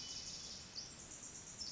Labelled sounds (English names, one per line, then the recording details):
Pacific Wren
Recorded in Sonoma County, California